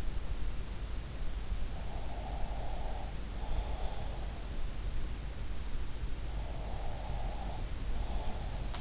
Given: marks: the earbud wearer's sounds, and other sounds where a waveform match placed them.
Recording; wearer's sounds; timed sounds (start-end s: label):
sounds in sleep by an in-ear microphone; breath
1.78-4.18 s: breath
6.35-8.81 s: breath